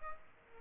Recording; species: mosquito wingbeat signal from an infrared sensor; Aedes albopictus